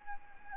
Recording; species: mosquito wingbeat signal from an infrared sensor; Anopheles arabiensis